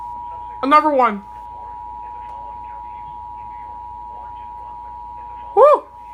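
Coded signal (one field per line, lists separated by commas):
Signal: Emergency Alert System (SAME) tones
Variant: 853 and 960 Hz attention tone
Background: speech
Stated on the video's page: Severe thunderstorm alert on a TV station.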